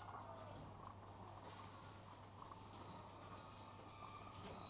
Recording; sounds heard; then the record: poultry house recording; sick chickens (respiratory disease)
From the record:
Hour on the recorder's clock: 13